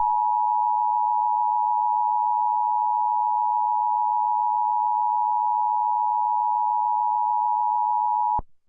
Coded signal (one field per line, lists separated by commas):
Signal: Emergency Alert System (SAME) tones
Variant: 853 and 960 Hz attention tone